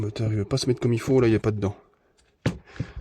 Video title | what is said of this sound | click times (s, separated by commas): essaye réparation visseuse psbsap 20-li c3 qui débraye sur les 2 vitesses part 2 | il tourne sur luiême est là vous avez entendu le petit clic c'est | 2.5 s